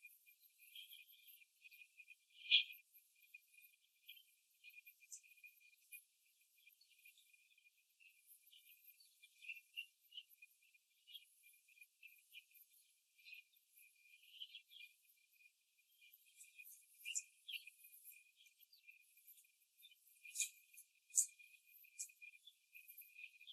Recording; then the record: young laying hens in a cage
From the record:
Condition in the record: after the stressor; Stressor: simulated dog barking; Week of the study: 2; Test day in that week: 2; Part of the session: 4